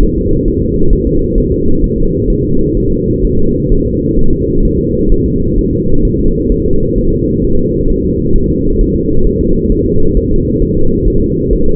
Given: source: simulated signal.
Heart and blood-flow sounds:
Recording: fetal heart sounds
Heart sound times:
0.03 s: S1
0.18 s: S2
0.48 s: S1
0.62 s: S2
0.93 s: S1
1.07 s: S2
1.38 s: S1
1.52 s: S2
1.84 s: S1
1.98 s: S2
2.30 s: S1
2.44 s: S2
2.77 s: S1
2.92 s: S2
3.25 s: S1
3.39 s: S2
3.72 s: S1
3.86 s: S2
4.19 s: S1
4.33 s: S2
4.65 s: S1
4.79 s: S2
5.12 s: S1
5.26 s: S2
5.58 s: S1
5.73 s: S2
6.05 s: S1
6.19 s: S2
6.52 s: S1
6.66 s: S2
6.98 s: S1
7.13 s: S2
7.44 s: S1
7.59 s: S2
7.90 s: S1
8.04 s: S2
8.36 s: S1
8.50 s: S2
8.81 s: S1
8.96 s: S2
9.27 s: S1
9.41 s: S2
9.72 s: S1
9.86 s: S2
10.17 s: S1
10.32 s: S2
10.62 s: S1
10.77 s: S2
11.07 s: S1
11.22 s: S2
11.53 s: S1
11.67 s: S2
From the record:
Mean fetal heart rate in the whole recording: 130 bpm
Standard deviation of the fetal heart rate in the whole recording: 4 bpm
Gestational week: 38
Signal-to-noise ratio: -17.7 dB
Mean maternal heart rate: 72 bpm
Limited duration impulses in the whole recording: present

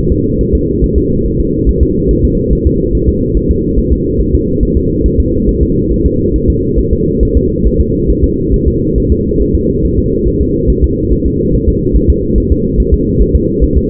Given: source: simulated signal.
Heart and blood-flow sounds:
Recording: fetal heart sounds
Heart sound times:
0.12 s: S2
0.41 s: S1
0.55 s: S2
0.84 s: S1
0.98 s: S2
1.26 s: S1
1.40 s: S2
1.69 s: S1
1.83 s: S2
2.11 s: S1
2.25 s: S2
2.53 s: S1
2.67 s: S2
2.95 s: S1
3.09 s: S2
3.37 s: S1
3.51 s: S2
3.78 s: S1
3.92 s: S2
4.21 s: S1
4.34 s: S2
4.63 s: S1
4.77 s: S2
5.06 s: S1
5.20 s: S2
5.49 s: S1
5.63 s: S2
5.92 s: S1
6.06 s: S2
6.36 s: S1
6.50 s: S2
6.79 s: S1
6.93 s: S2
7.23 s: S1
7.37 s: S2
7.66 s: S1
7.80 s: S2
8.10 s: S1
8.24 s: S2
8.54 s: S1
8.68 s: S2
8.98 s: S1
9.12 s: S2
9.41 s: S1
9.55 s: S2
9.85 s: S1
9.99 s: S2
10.28 s: S1
10.41 s: S2
10.70 s: S1
10.84 s: S2
11.12 s: S1
11.26 s: S2
11.55 s: S1
11.68 s: S2
11.96 s: S1
12.10 s: S2
12.38 s: S1
12.52 s: S2
12.80 s: S1
12.94 s: S2
13.22 s: S1
13.35 s: S2
13.64 s: S1
13.77 s: S2
From the record:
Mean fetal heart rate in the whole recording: 140 bpm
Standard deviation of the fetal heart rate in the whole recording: 2 bpm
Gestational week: 34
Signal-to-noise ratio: -10.2 dB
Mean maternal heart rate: 72 bpm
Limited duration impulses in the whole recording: present

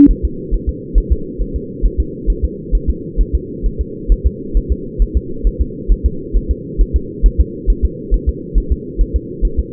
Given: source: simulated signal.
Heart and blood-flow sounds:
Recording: fetal heart sounds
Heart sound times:
0.11 s: S1
0.25 s: S2
0.54 s: S1
0.69 s: S2
0.98 s: S1
1.12 s: S2
1.42 s: S1
1.56 s: S2
1.85 s: S1
2.00 s: S2
2.30 s: S1
2.45 s: S2
2.75 s: S1
2.90 s: S2
3.21 s: S1
3.35 s: S2
3.66 s: S1
3.81 s: S2
4.12 s: S1
4.26 s: S2
4.57 s: S1
4.72 s: S2
5.02 s: S1
5.17 s: S2
5.47 s: S1
5.62 s: S2
5.92 s: S1
6.06 s: S2
6.37 s: S1
6.51 s: S2
6.81 s: S1
6.96 s: S2
7.26 s: S1
7.40 s: S2
7.70 s: S1
7.85 s: S2
8.14 s: S1
8.29 s: S2
8.58 s: S1
8.72 s: S2
9.01 s: S1
9.16 s: S2
9.45 s: S1
9.59 s: S2
From the record:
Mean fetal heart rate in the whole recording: 135 bpm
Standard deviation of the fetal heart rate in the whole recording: 3 bpm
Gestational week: 36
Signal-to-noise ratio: -4.3 dB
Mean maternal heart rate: 72 bpm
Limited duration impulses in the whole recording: present

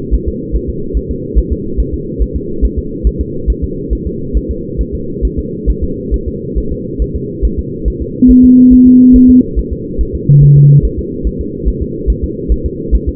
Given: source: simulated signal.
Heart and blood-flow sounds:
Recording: fetal heart sounds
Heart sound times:
0.14 s: S1
0.28 s: S2
0.55 s: S1
0.69 s: S2
0.97 s: S1
1.11 s: S2
1.38 s: S1
1.52 s: S2
1.80 s: S1
1.94 s: S2
2.22 s: S1
2.36 s: S2
2.65 s: S1
2.79 s: S2
3.07 s: S1
3.21 s: S2
3.50 s: S1
3.64 s: S2
3.93 s: S1
4.07 s: S2
4.37 s: S1
4.51 s: S2
4.81 s: S1
4.95 s: S2
5.25 s: S1
5.39 s: S2
5.70 s: S1
5.84 s: S2
6.14 s: S1
6.28 s: S2
6.58 s: S1
6.72 s: S2
7.02 s: S1
7.16 s: S2
7.45 s: S1
7.59 s: S2
7.88 s: S1
8.02 s: S2
8.31 s: S1
8.45 s: S2
8.73 s: S1
8.87 s: S2
9.16 s: S1
9.30 s: S2
9.59 s: S1
9.73 s: S2
10.01 s: S1
10.15 s: S2
10.43 s: S1
10.57 s: S2
10.85 s: S1
10.99 s: S2
11.27 s: S1
11.41 s: S2
11.68 s: S1
11.82 s: S2
12.10 s: S1
12.24 s: S2
12.52 s: S1
12.66 s: S2
12.95 s: S1
13.09 s: S2
From the record:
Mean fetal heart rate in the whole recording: 140 bpm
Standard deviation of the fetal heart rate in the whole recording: 2 bpm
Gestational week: 34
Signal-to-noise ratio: -6.6 dB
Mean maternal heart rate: 72 bpm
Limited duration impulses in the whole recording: present

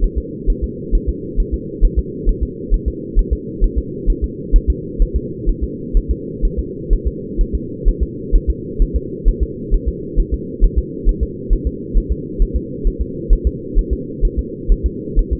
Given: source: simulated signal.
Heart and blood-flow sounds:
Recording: fetal heart sounds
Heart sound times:
0.04 s: S1
0.18 s: S2
0.50 s: S1
0.64 s: S2
0.95 s: S1
1.09 s: S2
1.40 s: S1
1.54 s: S2
1.85 s: S1
1.99 s: S2
2.29 s: S1
2.43 s: S2
2.74 s: S1
2.88 s: S2
3.19 s: S1
3.33 s: S2
3.64 s: S1
3.78 s: S2
4.10 s: S1
4.24 s: S2
4.56 s: S1
4.70 s: S2
5.02 s: S1
5.16 s: S2
5.49 s: S1
5.64 s: S2
5.97 s: S1
6.11 s: S2
6.45 s: S1
6.59 s: S2
6.93 s: S1
7.07 s: S2
7.41 s: S1
7.55 s: S2
7.89 s: S1
8.03 s: S2
8.36 s: S1
8.50 s: S2
8.82 s: S1
8.96 s: S2
9.29 s: S1
9.43 s: S2
9.74 s: S1
9.89 s: S2
10.20 s: S1
10.34 s: S2
10.64 s: S1
10.79 s: S2
11.09 s: S1
11.23 s: S2
11.53 s: S1
11.67 s: S2
11.98 s: S1
12.12 s: S2
12.42 s: S1
12.56 s: S2
12.87 s: S1
13.02 s: S2
13.33 s: S1
13.47 s: S2
13.79 s: S1
13.93 s: S2
14.25 s: S1
14.39 s: S2
14.72 s: S1
14.86 s: S2
15.19 s: S1
15.33 s: S2
From the record:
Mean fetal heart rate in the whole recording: 130 bpm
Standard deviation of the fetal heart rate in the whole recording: 4 bpm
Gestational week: 38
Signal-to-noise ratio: -4.1 dB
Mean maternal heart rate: no maternal heart sound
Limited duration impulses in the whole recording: absent

